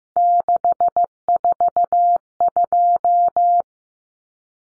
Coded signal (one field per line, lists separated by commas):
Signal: Morse code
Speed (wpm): 15 wpm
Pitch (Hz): 700 Hz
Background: none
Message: 642